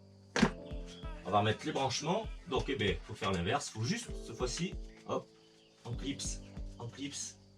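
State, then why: Not seated. Plastic wiring harness connectors are being refitted onto new NGK ignition coils on an Audi R8 while someone talks over steady background music, with a brief sharp thump near 0.4 s. The clip ends before the connector goes home, so nothing has seated or clicked yet.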